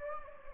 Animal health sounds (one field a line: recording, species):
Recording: mosquito wingbeat signal from an infrared sensor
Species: Anopheles gambiae